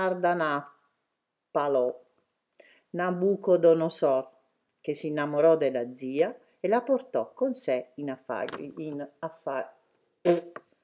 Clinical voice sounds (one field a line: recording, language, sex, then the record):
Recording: read passage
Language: Italian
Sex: female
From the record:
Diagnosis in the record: healthy control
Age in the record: 69 years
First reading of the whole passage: 64 s, 7.9 characters per second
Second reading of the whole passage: 54 s, 9.5 characters per second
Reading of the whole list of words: 33 s, 8.4 characters per second